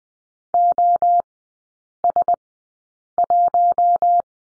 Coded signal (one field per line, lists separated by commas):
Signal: Morse code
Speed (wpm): 20 wpm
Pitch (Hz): 700 Hz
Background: none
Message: OS1